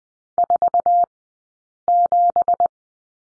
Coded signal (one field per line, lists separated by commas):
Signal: Morse code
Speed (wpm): 20 wpm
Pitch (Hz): 700 Hz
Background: none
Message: 47